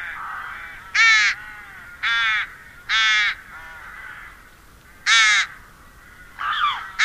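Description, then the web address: Rook giving loud, raspy caws at uneven intervals, with softer caws in between. "Madardalok Cd 2 Vetési varjú"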